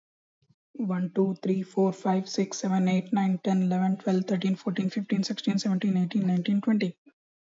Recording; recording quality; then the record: counting at a fast pace; excellent, no background noise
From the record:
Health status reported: healthy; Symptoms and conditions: none ticked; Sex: male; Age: 27 years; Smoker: not ticked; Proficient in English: yes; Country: India